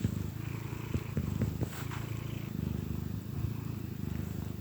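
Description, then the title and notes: Cat purring, a deep buzzy rumble with a few soft clicks early on, then steady low purring. Gentle purrs of a contented cat. "Cat Cafe Purr-Finale. the gentle purrs of a contented cat"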